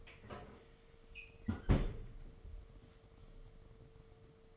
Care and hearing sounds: daily activity, microphone in the room; close fridge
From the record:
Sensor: 4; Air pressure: 1015.9 hPa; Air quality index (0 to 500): 193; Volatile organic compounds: 10 ppm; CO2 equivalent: 2226 ppm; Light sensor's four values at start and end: 13/30/13/14 and 17/39/17/17

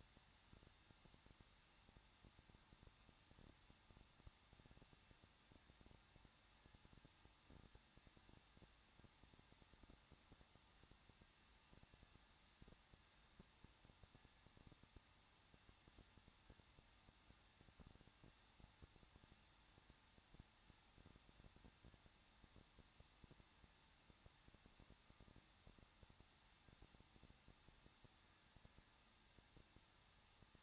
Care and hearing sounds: daily activity, microphone in the room; no activity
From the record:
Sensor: 3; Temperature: 21.2 degrees Celsius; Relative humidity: 36.3%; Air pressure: 1006.3 hPa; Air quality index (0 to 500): 221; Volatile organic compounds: 40 ppm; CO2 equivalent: 3153 ppm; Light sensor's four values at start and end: 2/3/2/2 and 2/3/2/2

